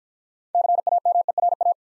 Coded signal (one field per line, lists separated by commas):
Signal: Morse code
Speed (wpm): 50 wpm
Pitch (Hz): 700 Hz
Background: none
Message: CAMERA